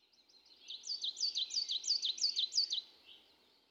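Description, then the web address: Coal tit giving a rapid, steady series of high thin paired notes lasting about two seconds, over faint background hiss. Recorded at midday. "Fontainebleau Demo. coal tit"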